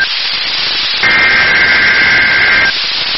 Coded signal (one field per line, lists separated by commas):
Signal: Emergency Alert System (SAME) tones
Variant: header bursts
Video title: EAS North Carolina Statewide Tornado Drill NOAA Weather Radio